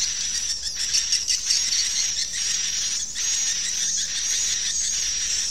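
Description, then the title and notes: Swiftlet twittering: a dense, high, thin chatter with a faint steady whistle. Swiftlet sound used in bird farming in Asia. "Swiflet Bird Sound. Farming Swiflet Bird asia sound"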